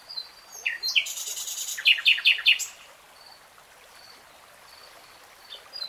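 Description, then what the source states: Nightingale song phrase with a buzzy high rush followed by four loud clipped notes, then faint scattered high whistles in the quiet background. Nightingale singing in real time.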